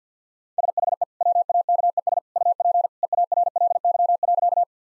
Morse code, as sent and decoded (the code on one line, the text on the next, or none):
... .... . / .-- .- -.- . ... / ..- .--. / . .- .-. .-.. -.-- .-.-.-
SHE WAKES UP EARLY.